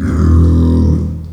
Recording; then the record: squeal of a Yucatan mini pig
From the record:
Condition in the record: after surgery on the right vocal fold (resection and tissue-engineered implant); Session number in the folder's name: 13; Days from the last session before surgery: 113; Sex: female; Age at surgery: 19 weeks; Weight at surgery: 25 kg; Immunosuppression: prednisolone